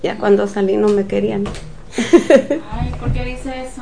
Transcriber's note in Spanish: risas